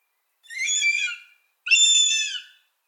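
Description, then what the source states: Northern goshawk young calling: two harsh, drawn-out screams with a short gap between. Young birds that have left the nest but cannot yet fly, recorded 22 June 2014.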